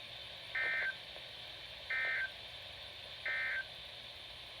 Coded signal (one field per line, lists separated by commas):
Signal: Emergency Alert System (SAME) tones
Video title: Sterling tested early! EAS# 327- 329 10/14/20